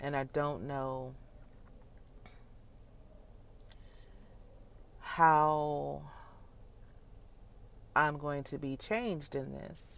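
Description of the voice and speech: Adult woman with a brain injury speaks slowly, stretching words and stopping for two-second gaps mid-sentence, as it takes a minute for her brain to get the words to her mouth: halting speech.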